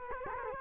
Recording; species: mosquito wingbeat signal from an infrared sensor; Culex quinquefasciatus